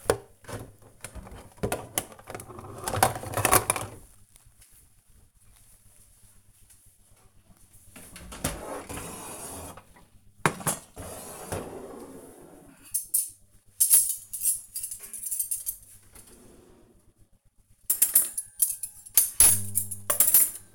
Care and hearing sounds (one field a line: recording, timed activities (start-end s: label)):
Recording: household activities, microphone on the right wrist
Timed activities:
0.00-20.75 s: putting away the dishes